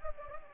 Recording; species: mosquito wingbeat signal from an infrared sensor; Anopheles gambiae